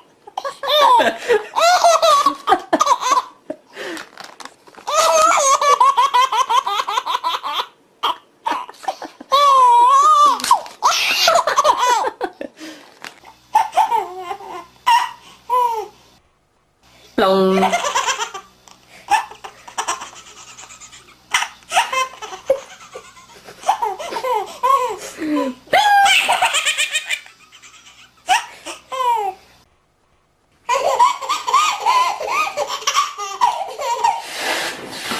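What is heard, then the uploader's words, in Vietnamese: A baby laughs heartily in repeated bright, bubbling bursts, with squeals and short pauses between fits, cutting off abruptly in places. Tiếng em bé cười sảng khoái nhất.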